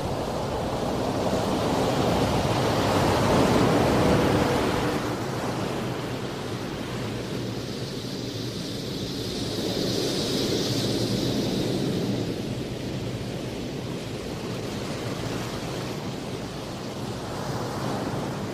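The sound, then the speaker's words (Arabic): Wind blows with a steady roar as winter rain falls in a continuous hiss, heavier for the first few seconds, then settling, with a brief higher gusting swell midway. No voices. “هبت الريح وول الخريف، وجاء فصل الشتاء وهطلت الأمطار.”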